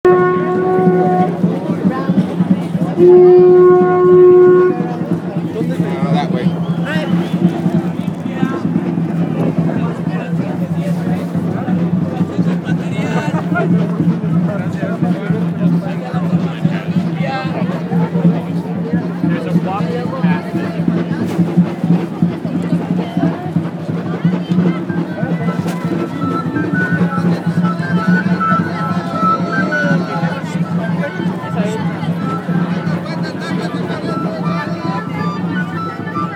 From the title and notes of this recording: Next to cathedral -Mexico city by Bougie.